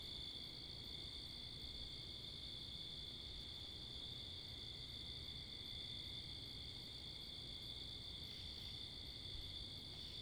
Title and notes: Oct 10th 2021 11:35pm Wakefield, Rhode Island. Crickets, Cars, and Wind